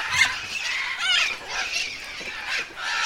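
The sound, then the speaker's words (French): A parrot that has come to peck at a boot gives a series of harsh, raspy squawks and grating calls, fairly loud and overlapping, with no voices in between. “Simplement, il y a un perroquet qui vient goûter à la botte.”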